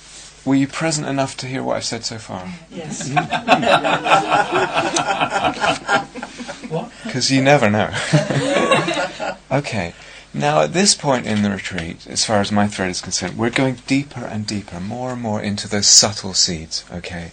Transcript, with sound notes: Were you present enough to hear what I've said so far?
Yes! [laughter]
Because you never know. [laughter] Okay. Now, at this point in the retreat, as far as my thread is concerned, we're going deeper and deeper, more and more into those subtle seeds, okay?